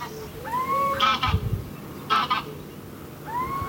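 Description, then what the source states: Little owl giving soft, rising mewing cries that level off, two clear calls, amid honking geese. Soft cry in the background, heard almost daily in a meadow with pollard willows; geese also audible.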